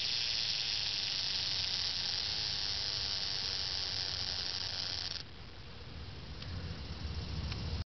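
Cicada droning, a continuous high hissing buzz that holds steady for about five seconds, then cuts off abruptly, leaving a quieter hiss.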